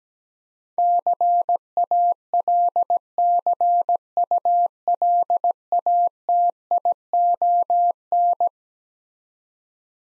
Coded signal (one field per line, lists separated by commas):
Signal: Morse code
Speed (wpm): 17 wpm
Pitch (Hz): 700 Hz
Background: none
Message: CALCULATION